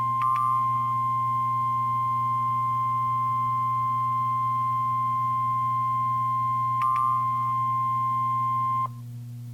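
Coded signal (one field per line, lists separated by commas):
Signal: Emergency Alert System (SAME) tones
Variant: 1050 Hz attention tone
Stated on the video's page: Flash Flood Warning from the Fort Worth weather forecast office, relayed by a broadcast station.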